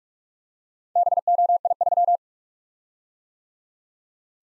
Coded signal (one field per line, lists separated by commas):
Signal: Morse code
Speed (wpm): 44 wpm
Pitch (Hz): 700 Hz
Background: none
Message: BOI3